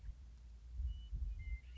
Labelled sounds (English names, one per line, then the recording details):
Western Meadowlark
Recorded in Sonoma County, California